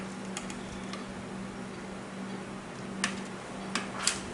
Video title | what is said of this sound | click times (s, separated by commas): how to Replace main board in a 55in SAMSUNG CURVED tv | That one snapped in place. | 4.1 s